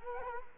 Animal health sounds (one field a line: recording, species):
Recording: mosquito wingbeat signal from an infrared sensor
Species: Culex quinquefasciatus